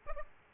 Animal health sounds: mosquito wingbeat signal from an infrared sensor; Aedes aegypti

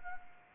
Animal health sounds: mosquito wingbeat signal from an infrared sensor; Anopheles arabiensis

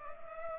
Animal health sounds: mosquito wingbeat signal from an infrared sensor; Culex pipiens

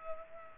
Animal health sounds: mosquito wingbeat signal from an infrared sensor; Culex pipiens

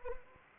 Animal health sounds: mosquito wingbeat signal from an infrared sensor; Anopheles arabiensis

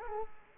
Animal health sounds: mosquito wingbeat signal from an infrared sensor; Culex quinquefasciatus

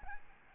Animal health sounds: mosquito wingbeat signal from an infrared sensor; Aedes albopictus

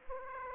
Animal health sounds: mosquito wingbeat signal from an infrared sensor; Aedes aegypti

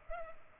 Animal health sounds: mosquito wingbeat signal from an infrared sensor; Culex pipiens

